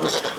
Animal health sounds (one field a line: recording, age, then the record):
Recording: pig call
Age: piglet (1 to 25 days)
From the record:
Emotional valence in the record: positive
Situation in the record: huddling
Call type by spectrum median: low-frequency call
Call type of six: high-frequency stable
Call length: 0.39 s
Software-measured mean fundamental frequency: 161 Hz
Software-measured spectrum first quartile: 565 Hz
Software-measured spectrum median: 1532 Hz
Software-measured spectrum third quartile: 4160 Hz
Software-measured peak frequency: 468 Hz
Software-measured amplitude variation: 139 dB a second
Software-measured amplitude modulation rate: 20.6 a second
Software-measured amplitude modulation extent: 6.8 dB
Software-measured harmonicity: -0.3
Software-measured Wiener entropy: -1.48